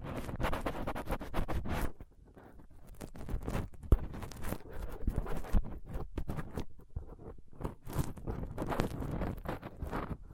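A dental pick, tweezers and a cotton swab rub and pick against a microphone, making dense, rough scratching. The scraping comes in quick irregular strokes with brief quieter gaps near two and six seconds, and a sharp tick lands around four seconds.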